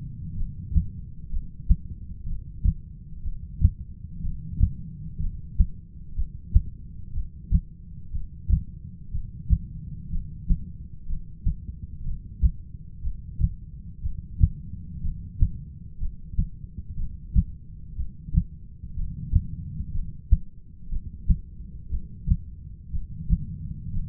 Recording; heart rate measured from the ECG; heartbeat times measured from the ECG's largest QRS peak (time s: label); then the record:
heart sounds by stethoscope; 61 bpm
0.37 s: heartbeat
1.31 s: heartbeat
2.27 s: heartbeat
3.24 s: heartbeat
4.22 s: heartbeat
5.20 s: heartbeat
6.16 s: heartbeat
7.14 s: heartbeat
8.12 s: heartbeat
9.12 s: heartbeat
10.11 s: heartbeat
11.07 s: heartbeat
12.04 s: heartbeat
13.03 s: heartbeat
14.03 s: heartbeat
15.02 s: heartbeat
15.99 s: heartbeat
16.97 s: heartbeat
17.96 s: heartbeat
18.95 s: heartbeat
19.93 s: heartbeat
20.90 s: heartbeat
21.90 s: heartbeat
22.92 s: heartbeat
23.93 s: heartbeat
From the record:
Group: heart failure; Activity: rest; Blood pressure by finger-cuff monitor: 122/80 mmHg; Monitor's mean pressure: 96 mmHg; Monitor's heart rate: 61 bpm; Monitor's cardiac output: 6.8 L/min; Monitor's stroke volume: 111 mL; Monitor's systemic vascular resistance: 1050 dyn s/cm5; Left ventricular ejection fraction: 25%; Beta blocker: metoprolol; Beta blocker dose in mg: 62.5 twice daily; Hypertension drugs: ramipril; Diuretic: furosemide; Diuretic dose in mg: 40 twice daily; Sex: male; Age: 57 years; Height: 180 cm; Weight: 90.5 kg